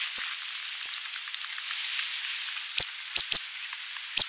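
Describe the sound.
Grey Wagtail giving high, thin, clipped call notes, scattered singly and in doubles with short gaps, over steady background hiss.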